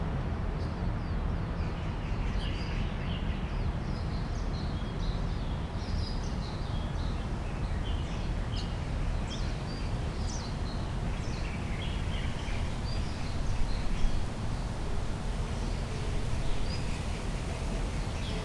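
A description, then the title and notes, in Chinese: A city's busy pace comes through as a steady, dense rumble of traffic, low and unbroken for the whole stretch. High, shrill bird calls chirp over it again and again, in scattered quick bursts, thickest through the middle and toward the end. 傅園 原本是 臺北帝國大學 理農學部的 熱帶 植物園 。這段聲音,是在4月底錄製的!這城市的緊湊步調,搭配上高亢的鳥叫聲,是忙碌城市中低調的優雅。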